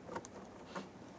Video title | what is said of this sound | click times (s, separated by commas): How to Replace Front ABS Wheel Speed Sensors 2003-2009 Dodge Ram 2500 | I felt the click. It was a very silent one. | 0.2 s